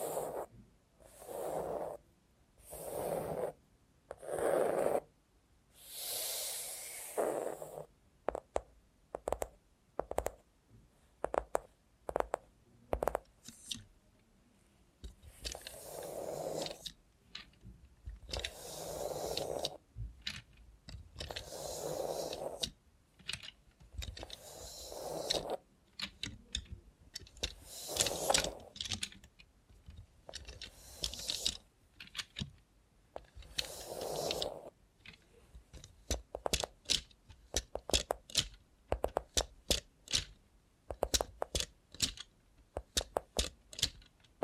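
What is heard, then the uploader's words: ASMR sounds made with a robot hand: dense runs of clicking, tapping and clattering, like fingers on hard plastic or keys. Busy bursts alternate with short quiet gaps throughout, with a louder rustling flurry near the start and occasional soft low thuds. Try ASMR with a Robot Hand (No Talking).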